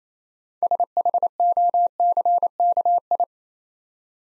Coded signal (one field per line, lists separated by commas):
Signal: Morse code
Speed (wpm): 29 wpm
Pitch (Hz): 700 Hz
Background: none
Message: SHOCKI